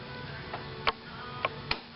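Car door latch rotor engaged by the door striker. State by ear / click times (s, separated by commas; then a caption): partly seated / 1.7 s. Someone pushes the door latch mechanism of a 1995 BMW M3 by hand, standing in for the door striker, against the latch rotor. Sharp clicks sound at 0.9 s and 1.5 s over a low steady hum, and the latch takes its first catch with a click at 1.7 s, leaving it half-latched.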